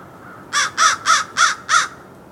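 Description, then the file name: American crow giving five harsh, evenly spaced caws in quick succession over a quiet background hiss. "Corvus brachyrhynchos - American Crow"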